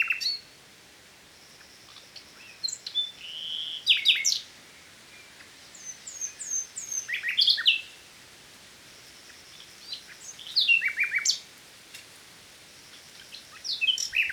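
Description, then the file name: Common nightingale singing varied phrases of sharp whistles and chirps, separated by short pauses. "Luscinia megarhynchos"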